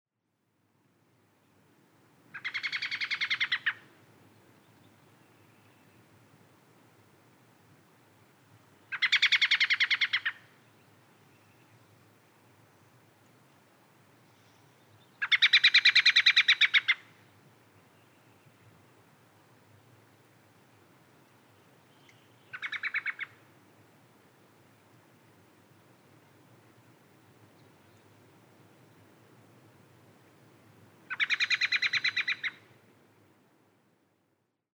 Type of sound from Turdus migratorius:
call